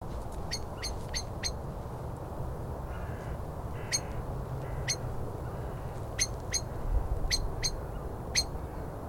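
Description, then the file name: Common blackbird calls: a long series of sharp, clicking 'chink' notes, sometimes in quick pairs, over a low rumbling background. "Turdus merula"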